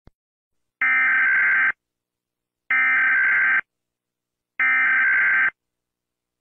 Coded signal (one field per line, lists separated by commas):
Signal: Emergency Alert System (SAME) tones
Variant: header bursts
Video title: Rating eas alarms